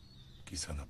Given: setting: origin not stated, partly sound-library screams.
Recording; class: one-second piece from a danger detection set; normal situation